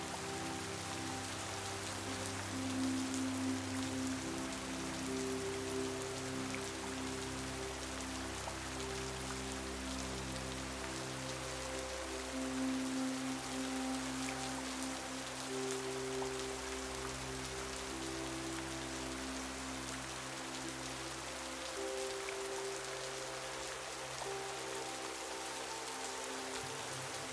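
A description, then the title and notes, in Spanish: Light, steady rain patters evenly across the whole clip, a fine dense hiss with scattered tiny drops. Beneath it, soft sustained music drifts slowly, low held tones with gentle brighter notes returning around 3, 13 and 22 seconds. La LLUVIA Sutil y la MÚSICA Suave.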